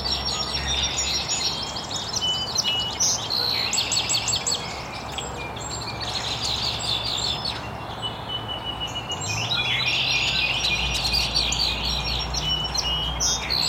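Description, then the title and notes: Birds: dawn chorus of many birds chirping and trilling in bursts, rapid high notes overlapping, with constant background hiss and a low rumble. Birds chirping very early in the morning in an estuary. "Birds Chirping in the Early Morning. Original sounds of birds chirping very early in the morning in an estuary"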